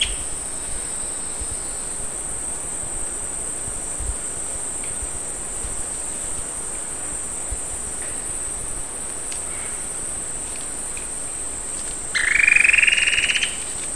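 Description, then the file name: Bird call: a single loud, buzzy, pulsed note rising in pitch for over a second near the end, over a steady high insect-like whine. "SABIOD 50 bird 2015"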